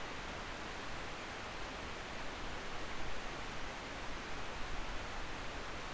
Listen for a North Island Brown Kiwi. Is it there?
no